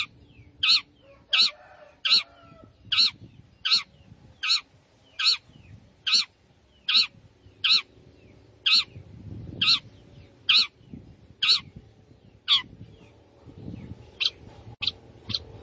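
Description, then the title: Long-tailed shrike giving many harsh, scratchy single notes in a fairly regular series, with a few longer gaps near the end. Singing lively, described with the Indonesian term gacor. "Cendet Gacor"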